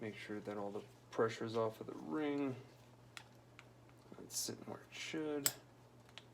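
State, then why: Seated. A circlip is worked into its groove in the bore of a brake master cylinder, with the plunger pushed in and the pressure off the ring. Someone talks, then faint metallic ticks follow, and the circlip seats with a small sharp click at 6.2 s, confirming it is in.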